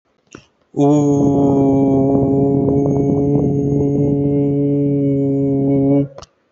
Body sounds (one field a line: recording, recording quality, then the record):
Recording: sustained vowel as in boot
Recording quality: moderate, slight background noise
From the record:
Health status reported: healthy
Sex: male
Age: 26 years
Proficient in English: yes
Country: India